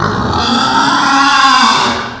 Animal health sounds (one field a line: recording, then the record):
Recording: squeal of a Yucatan mini pig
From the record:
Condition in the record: after surgery on the right vocal fold (resection and tissue-engineered implant)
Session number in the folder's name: 16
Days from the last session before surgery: 183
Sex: female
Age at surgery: 19 weeks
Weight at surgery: 25 kg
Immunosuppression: prednisolone